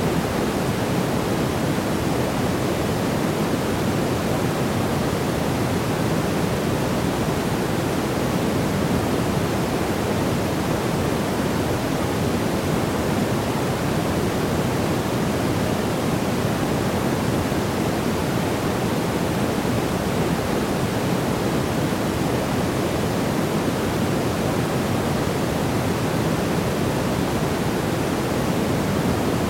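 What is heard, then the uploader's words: White noise plays as a steady, unbroken hiss from start to finish, with no events or changes in level. The sound is dense and even, leaning fuller and warmer in the low and middle range, with a softer, airy top, much like a waterfall. White noise, a balance of sound across the hearing spectrum.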